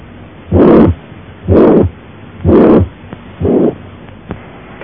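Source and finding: Heart sound. Holosystolic murmur.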